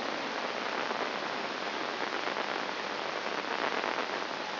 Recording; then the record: brain microelectrode recording played as sound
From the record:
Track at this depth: inside the subthalamic nucleus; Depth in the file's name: 2.104 mm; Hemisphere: left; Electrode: 2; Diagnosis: Parkinson's disease